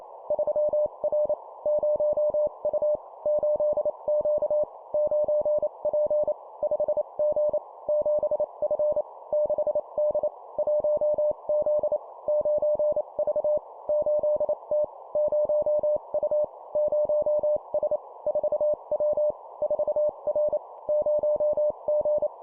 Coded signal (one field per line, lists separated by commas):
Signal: Morse code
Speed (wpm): 28 wpm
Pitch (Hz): 600 Hz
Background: none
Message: 3R 0U 8Q 9P 5G 7F 6D 1Z 9V 8T 0U 0S 4W 4R 0G